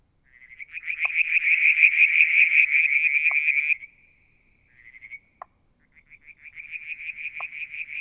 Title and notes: Frog song, Mount Wilson, New South Wales, Australia in July 2022 – by Alexander Moffatt. Limnodynastes Peronii, Litoria Verreauxii and a mystery frog one evening near the water tank